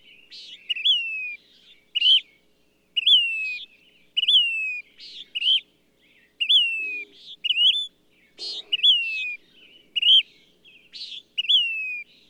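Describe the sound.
Bird singing a continuous pattern of downward-gliding whistles and raspy buzzes, about one phrase per second, with a couple of brief low sounds midway.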